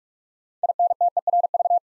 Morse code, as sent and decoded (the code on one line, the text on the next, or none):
.. -. - . .-. ...-
INTERV